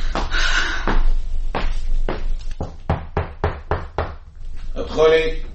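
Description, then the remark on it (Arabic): A series of about eight sharp, loud knocks on a door, spaced unevenly at first and then coming faster in a tight burst, with a brief voice heard before and after. “ادخلي. الباب مقفول من جوه، مش قادره افهم ليه بيقفل الباب عليه دايما.”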